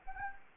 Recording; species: mosquito wingbeat signal from an infrared sensor; Anopheles gambiae